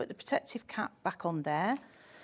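Someone talks while putting the protective cap back on a craft tool, handling it before its needle goes into the small slot in its holder. Only speech is heard, with no sharp tick. The needle has not yet snapped into its storage slot; nothing has seated or clicked yet.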